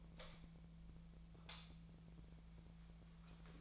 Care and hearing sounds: daily activity, microphone in the room; light on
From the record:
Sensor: 1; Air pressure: 1009.9 hPa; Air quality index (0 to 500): 189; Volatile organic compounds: 17 ppm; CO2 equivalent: 2598 ppm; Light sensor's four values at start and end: 36/93/39/47 and 46/129/53/61

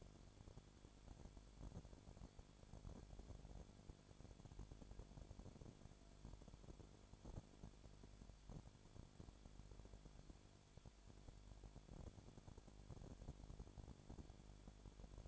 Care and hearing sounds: daily activity, microphone in the room; no activity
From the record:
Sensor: 5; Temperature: 20.2 degrees Celsius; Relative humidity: 36.5%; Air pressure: 1001.3 hPa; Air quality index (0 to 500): 177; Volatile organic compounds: 4 ppm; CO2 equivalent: 1617 ppm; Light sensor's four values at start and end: 2/3/1/1 and 2/3/1/1

